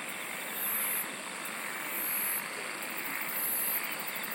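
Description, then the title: Insect song, with three high buzzy trills spaced evenly over a dense, steady chorus hiss. "SINGING OF INSECTS"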